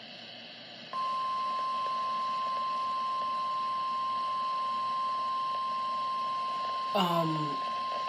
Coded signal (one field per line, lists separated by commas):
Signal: Emergency Alert System (SAME) tones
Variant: 1050 Hz attention tone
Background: speech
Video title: Rain anyone EAS alerts 75-77 5/20/20